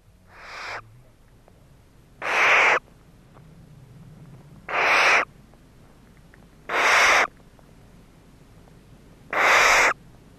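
Barn owl giving harsh, hissing screeches, five drawn-out rasping bursts spaced about two to three seconds apart, with a quiet background between them.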